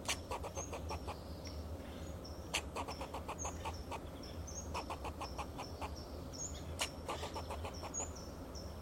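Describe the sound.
Fox squirrel giving quick trains of clucking chucks, with occasional loud snaps. Thin bird chirps are scattered throughout, over a constant low rumble.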